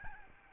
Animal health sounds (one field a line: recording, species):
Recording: mosquito wingbeat signal from an infrared sensor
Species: Aedes albopictus